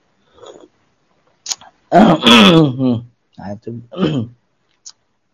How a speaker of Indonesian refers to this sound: itu berdehem.